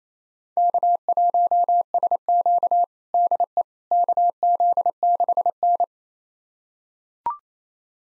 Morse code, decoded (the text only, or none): K1SQ DE KZ6N